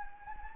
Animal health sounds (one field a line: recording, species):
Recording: mosquito wingbeat signal from an infrared sensor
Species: Anopheles gambiae